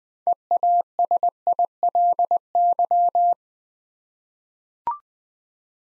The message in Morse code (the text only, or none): EASILY